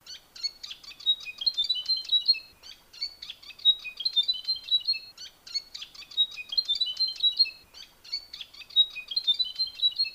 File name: kipasan dwiwujud